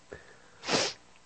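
A short catch of breath is followed by a single explosive, hissing burst lasting about a third of a second: one sneeze from an adult, part of a sneeze attack brought on by returning allergies.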